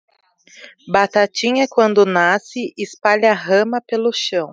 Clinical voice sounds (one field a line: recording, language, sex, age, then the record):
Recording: short text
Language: Brazilian Portuguese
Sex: female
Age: 20 to 29 years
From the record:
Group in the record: control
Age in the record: 26 years